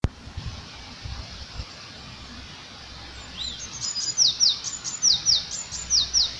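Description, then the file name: Eurasian blue tit calling after a quiet stretch of faint background hiss: a rapid series of high, thin down-slurred notes, repeated in a rhythmic run. "Cyanistes caeruleus"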